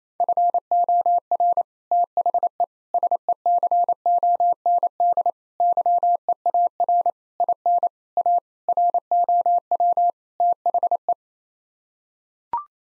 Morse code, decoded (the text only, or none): FOR THE SECOND YEAR IN A ROW THE